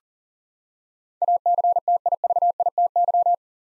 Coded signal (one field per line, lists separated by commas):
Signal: Morse code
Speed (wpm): 40 wpm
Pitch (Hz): 700 Hz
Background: none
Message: ACTIVITY